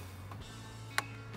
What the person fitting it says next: snaps in place